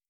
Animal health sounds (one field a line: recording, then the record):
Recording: hydrophone in a shrimp aquaculture tank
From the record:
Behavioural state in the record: starved